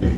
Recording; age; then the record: pig call; growing-finishing pig (85 days or more)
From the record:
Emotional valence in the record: negative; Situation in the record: barren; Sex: female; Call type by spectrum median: low-frequency call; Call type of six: low-frequency stable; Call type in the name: low-frequency stable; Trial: 2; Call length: 0.19 s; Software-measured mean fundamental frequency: 41 Hz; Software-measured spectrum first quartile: 85 Hz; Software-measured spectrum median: 167 Hz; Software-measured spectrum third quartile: 323 Hz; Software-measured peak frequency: 86 Hz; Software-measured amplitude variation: 130 dB a second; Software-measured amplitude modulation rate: 26.8 a second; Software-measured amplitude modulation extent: 4.8 dB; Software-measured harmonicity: -1.8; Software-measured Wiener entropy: -1.07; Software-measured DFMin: 952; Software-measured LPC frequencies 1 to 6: 1853, 3126, 3991, 5154, 6010, 6911 Hz